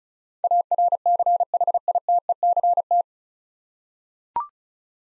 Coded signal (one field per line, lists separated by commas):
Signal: Morse code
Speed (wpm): 36 wpm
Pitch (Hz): 700 Hz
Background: none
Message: ARCHITECT